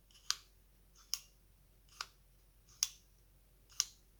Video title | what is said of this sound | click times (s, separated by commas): Alloy bolt kit V3? installed into AWM gel blaster with M145 | that um detent just gives you that nice click on the handle | 0.3 s, 1.1 s, 2.8 s, 3.8 s